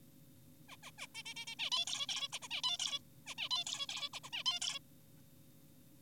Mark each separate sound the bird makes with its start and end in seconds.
0.69-0.76, 0.83-0.91, 0.98-1.07, 1.15-1.23, 1.26-1.34, 1.36-1.46, 1.48-1.55, 1.59-1.70, 1.72-1.85, 1.87-2.07, 2.09-2.28, 2.33-2.39, 2.42-2.48, 2.51-2.62, 2.64-2.77, 2.79-2.99, 3.27-3.34, 3.38-3.49, 3.51-3.64, 3.67-3.86, 3.89-4.09, 4.13-4.20, 4.24-4.30, 4.33-4.44, 4.46-4.60, 4.62-4.79